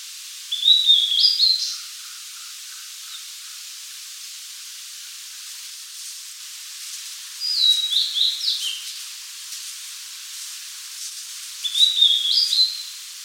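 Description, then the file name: Blue-and-white flycatcher song, three bright whistled phrases at uneven intervals, each jumping between pitches, with a faint low pulsed trill early on. "Cyanoptila cyanomelana"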